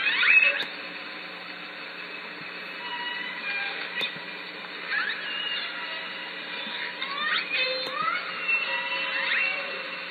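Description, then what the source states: Killer whale calls, scattered squealing upsweeps and downsweeps throughout with a few sharp clicks, over steady underwater hiss. Southern Resident killer whale calls at Lime Kiln in June.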